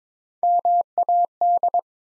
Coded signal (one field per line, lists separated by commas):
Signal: Morse code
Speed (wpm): 22 wpm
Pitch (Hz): 700 Hz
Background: none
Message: MAD